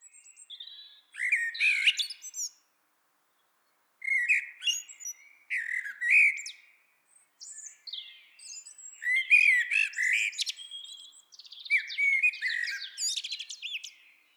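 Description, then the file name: Common blackbird singing a run of short warbled phrases, each opening with mellow slurred notes and breaking into high squeaky twitters, separated by brief pauses. "Turdus merula"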